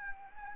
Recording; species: mosquito wingbeat signal from an infrared sensor; Anopheles arabiensis